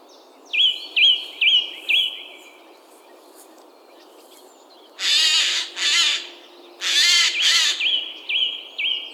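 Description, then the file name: Eurasian jay giving harsh, broad screeches in two pairs, after and before series of short whistled notes repeated about every half second. "Garrulus glandarius"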